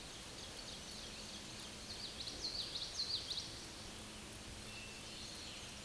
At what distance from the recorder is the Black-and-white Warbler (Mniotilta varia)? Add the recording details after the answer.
about 30 m. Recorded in a Pennsylvania forest on 19 May 2023 at 10:18. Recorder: AudioMoth, point grid1_29_low. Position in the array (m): 52 m, 114 m